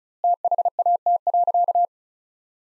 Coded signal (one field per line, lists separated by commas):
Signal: Morse code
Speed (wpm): 36 wpm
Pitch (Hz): 700 Hz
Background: none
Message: THAT.